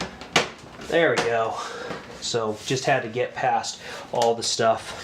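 A side door panel of a Be Quiet! Dark Base Pro 900 PC case, which had been getting stuck, is pushed onto its tabs on the chassis and snaps into place with a loud snap at 0.4 seconds, after two quieter knocks just before it. Someone then talks, and the panel is seated.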